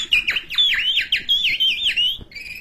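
A bird calls in a bright, continuous run of sharp chirps and warbling high whistles, rising and falling rapidly for a couple of seconds, loud and clear with no talking.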